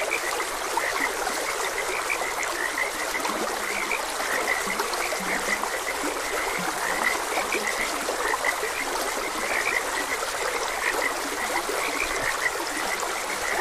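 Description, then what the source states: Frogs keep up a dense chorus of brief croaks from start to finish, accompanied by the even rushing sound of a stream. Frogs croaking beside a gentle stream; continuous nature ambience.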